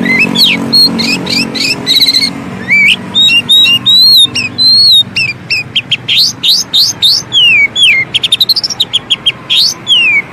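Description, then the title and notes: Oriental magpie-robin song of clear rising and falling whistles, upslurred notes and rapid stuttering trills in a continuous, rich stream; faint low hum underneath. Indonesian long-duration 'isian' filler song of an Oriental magpie-robin, used to train birds to sing actively day and night. "Kacer Jadi Gacor Siang Malam. Isian Kacer Durasi Panjang"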